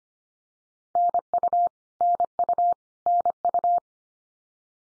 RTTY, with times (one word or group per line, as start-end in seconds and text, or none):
none